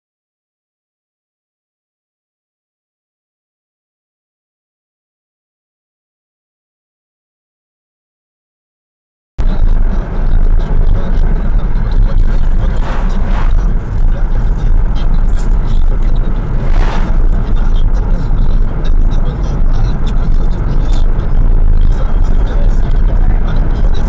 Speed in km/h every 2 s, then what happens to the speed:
55, 51, 54, 50, 62, 65, 62, 58, 59, 57, 60, 71.
0-6 steady at about 51. 6-9 speeds up to 65. 19-24 speeds up to 71.